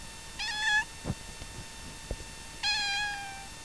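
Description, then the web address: Cat meowing twice, each a short tonal mew with rich harmonics about two seconds apart, with a few soft clicks and taps between them. "Meow. Marmaduke"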